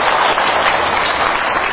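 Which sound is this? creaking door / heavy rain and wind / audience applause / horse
audience applause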